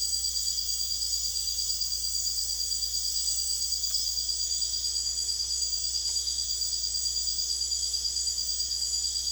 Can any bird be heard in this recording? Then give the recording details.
no. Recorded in secondary vegetation near Puerto Asís, Putumayo, Colombia, on 26 December 2024 at 02:00. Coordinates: 0.488, -76.319. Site GP04